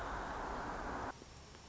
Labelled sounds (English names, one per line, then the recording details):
Nuttall's Woodpecker
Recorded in Sonoma County, California